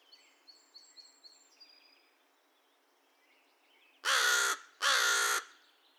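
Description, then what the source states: American crow: soft high chirps and whistled notes from small birds, then an American crow breaks in with two loud, grating caws. Recorded 2 May 2020; a series of caw-caws and one caw.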